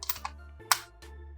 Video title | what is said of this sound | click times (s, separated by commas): Cogas from Mojo Mfg - Solution | And I guess now it is locked. | 0.7 s